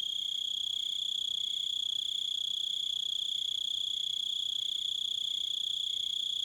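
Crickets chirping: an unbroken piercing high trill together with quieter lower pulses repeated evenly throughout.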